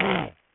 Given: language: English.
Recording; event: throat vibration sensor signal played as sound; throat clearing